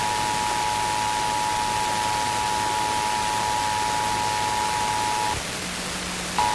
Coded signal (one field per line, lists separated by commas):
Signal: Emergency Alert System (SAME) tones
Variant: 853 and 960 Hz attention tone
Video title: Pennsylvania Required Monthly Tests (12/15/22)(EAS 1311-1321)